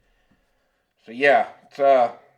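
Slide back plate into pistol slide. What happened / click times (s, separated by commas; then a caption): The part is handled but not yet seated; no seating click / none. On a Beretta APX A1 Tactical pistol, the slide back plate is being pushed back into the slide while the striker retainer is held depressed during slide reassembly. The first second is nearly silent apart from a faint tick near 0.3 s, then someone talks. Nothing has seated or clicked yet.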